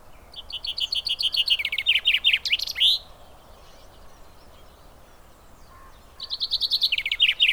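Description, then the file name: Common chaffinch song: a descending series of sharp repeated notes ending in a flourish, then after a pause a second song begins. "Fringilla coelebs"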